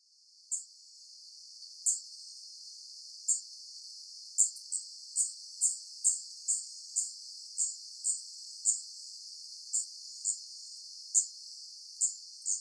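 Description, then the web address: Daurian redstart calls: very high, thin, clipped notes repeated at uneven intervals, over a steady soft hiss. Recorded in Hyogo on 8 August 2016. "koe jobitaki 160808 hyogo kuroda"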